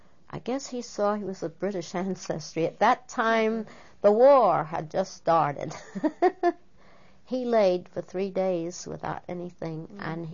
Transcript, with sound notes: I guess he saw he was of British ancestry. At that time the war had just started. (She laughs.) He laid for three days without anything.